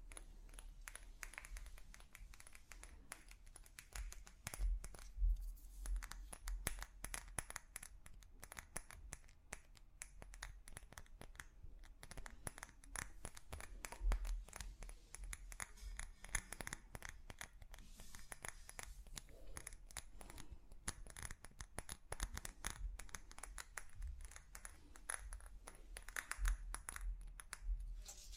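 Tapping on different objects, a steady run of quick, bright clicks and knocks with a low hum underneath and a thin high whine throughout.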